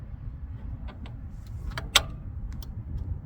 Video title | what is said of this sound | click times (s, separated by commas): Kia Stinger 2.5T - HOW TO - Injen Performance Intake - Unboxing, Installation, Review | pop right in you're going to hear a snap | 2.0 s